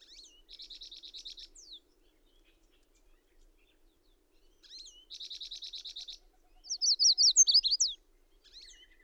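Bird song: a high trilled phrase repeated after a pause, followed by loud sweeping whistled notes and a faint closing note.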